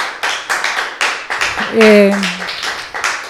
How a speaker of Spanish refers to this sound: Un aplauso para ellos, niños.